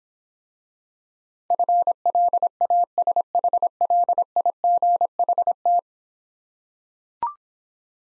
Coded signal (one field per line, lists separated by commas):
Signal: Morse code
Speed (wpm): 26 wpm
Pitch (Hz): 700 Hz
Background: none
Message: FLASHLIGHT